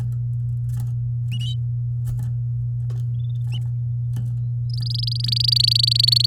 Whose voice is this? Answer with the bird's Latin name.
Serinus canaria